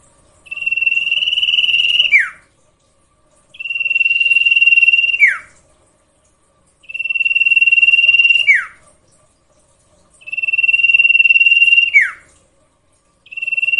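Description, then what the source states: Sirtu song: a regular series of long, level buzzy trills, each dropping sharply at the end, repeated roughly every three seconds. Masteran tutor recording for training cage birds, presenting the full range of song variations.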